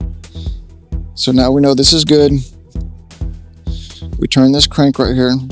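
While repairing a fiber optic patch cord, someone handles the crank of a fiber connector cam tool holding an LC connector, turning it to cram the connector, with short sharp sounds among background music as someone talks. Nothing has seated or clicked yet.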